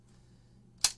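A Pemko 4131BDGRL bright dip gold anodized aluminum automatic door bottom has its plunger released by hand, and its EPDM rubber seal retracts back up into the housing with a sharp snap at 0.9 s. A faint low hum runs underneath until the single loud, bright snap, which fades out quickly. The seal snaps up like this every time the door opens, a snap some people find too loud.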